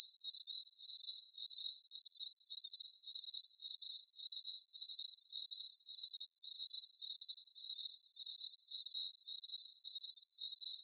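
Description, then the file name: Cricket chirping: steady high-pitched trilled pulses repeated evenly, nearly twice a second, with no other sounds. Cricket chirping in a forest. "zapsplat animals insects cricket forest"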